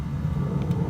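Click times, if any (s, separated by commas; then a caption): none. A new brake pad wear sensor for a 2012–2018 BMW 3 Series is being handled and pushed toward its socket on the brake pad, over a steady low rumble with brief faint high-frequency hiss around 0.6 and 0.7 seconds. Nothing has seated or clicked yet.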